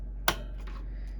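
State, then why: Seated. A plastic PCIe power cable plug is popped into a graphics card's power socket and seats with one sharp, loud click at 0.3 s. A much fainter sound follows at about 0.7 s over a steady low hum.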